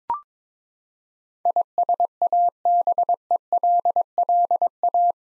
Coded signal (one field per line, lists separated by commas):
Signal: Morse code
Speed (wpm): 22 wpm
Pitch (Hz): 700 Hz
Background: none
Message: ISABELLA